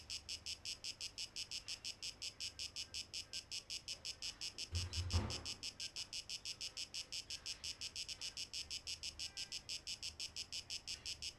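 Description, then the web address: Cicadas buzzing in quick regular pulses, high-pitched and unbroken, with a brief low thump near the middle. 12 August 2023. "rauschpartikel Audio 2023-08-12 Zikaden"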